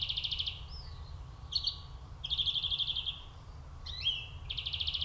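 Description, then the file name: European Greenfinch calling with quick rattling trills mixed with short twangy rising and falling notes, the trills repeating several times throughout, with faint low rumble behind. "Chloris chloris"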